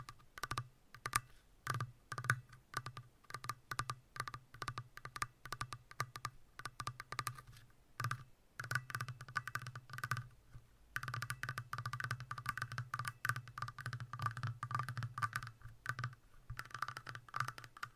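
Long nails scratch and tap in quick, uneven strokes, each one a sharp, bright click or rasp. A low throbbing rub runs underneath throughout, growing steadier and denser after about eleven seconds as the scratching becomes more continuous.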